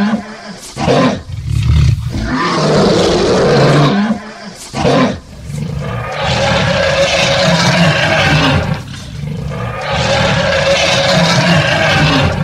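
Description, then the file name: Lion, a series of deep roars, the later ones long and sustained. "Tieng gam cua su tu"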